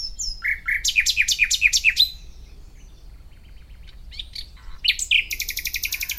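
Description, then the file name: Common nightingale song: a fast run of repeated downward-sweeping notes, a pause with soft notes, then a rapid buzzy rattle of repeated high notes. "Luscinia megarhynchos"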